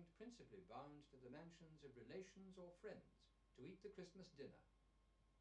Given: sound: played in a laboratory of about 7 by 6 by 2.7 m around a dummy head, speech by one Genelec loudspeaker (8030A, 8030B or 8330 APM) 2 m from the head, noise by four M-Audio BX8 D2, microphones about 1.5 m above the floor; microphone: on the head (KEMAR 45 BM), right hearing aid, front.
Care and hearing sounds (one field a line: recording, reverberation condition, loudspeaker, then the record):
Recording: male speech in English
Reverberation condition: low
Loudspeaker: 30 degrees to the left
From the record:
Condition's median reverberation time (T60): about 310 ms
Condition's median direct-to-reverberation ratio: about 3.5 dB